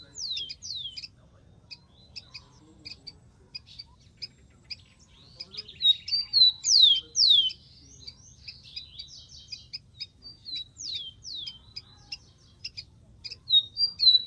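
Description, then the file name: Rufous-collared sparrow singing several times: pairs of bright falling whistles recur among short level notes and frequent soft chips. "canto do tico tico"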